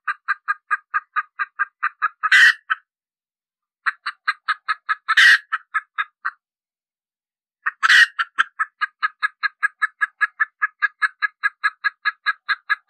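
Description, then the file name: Red junglefowl hen clucking rapidly, three loud raspy squawks punctuating long, regular strings of short clucks. Hen cackling (cục tác) after laying an egg. "Tieng ga mai rung cuc tac de"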